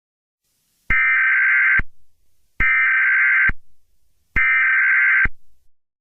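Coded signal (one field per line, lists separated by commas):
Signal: Emergency Alert System (SAME) tones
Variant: header bursts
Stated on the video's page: Fictional scenario alert, not a real broadcast.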